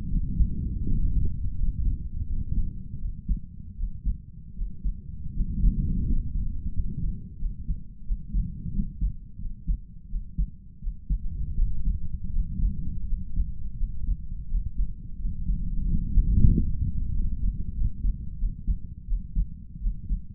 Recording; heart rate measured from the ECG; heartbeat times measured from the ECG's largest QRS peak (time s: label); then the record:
heart sounds by stethoscope; 85 bpm
0.08 s: heartbeat
0.84 s: heartbeat
1.54 s: heartbeat
2.25 s: heartbeat
2.97 s: heartbeat
3.75 s: heartbeat
4.54 s: heartbeat
5.32 s: heartbeat
6.04 s: heartbeat
6.72 s: heartbeat
7.37 s: heartbeat
8.03 s: heartbeat
8.71 s: heartbeat
9.37 s: heartbeat
10.07 s: heartbeat
10.79 s: heartbeat
11.54 s: heartbeat
12.31 s: heartbeat
13.05 s: heartbeat
13.75 s: heartbeat
14.47 s: heartbeat
15.17 s: heartbeat
15.86 s: heartbeat
16.51 s: heartbeat
17.12 s: heartbeat
17.73 s: heartbeat
18.37 s: heartbeat
19.05 s: heartbeat
19.79 s: heartbeat
From the record:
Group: healthy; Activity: cold pressor test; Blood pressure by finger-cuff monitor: 92/62 mmHg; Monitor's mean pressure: 69 mmHg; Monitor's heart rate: 84 bpm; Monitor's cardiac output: 5.4 L/min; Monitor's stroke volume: 63 mL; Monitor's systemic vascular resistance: 880 dyn s/cm5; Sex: male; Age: 22 years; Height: 181 cm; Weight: 60 kg